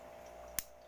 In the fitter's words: Pag marinig nyo na yun, yung nag-click na yun, ibig sabihin okay na siya.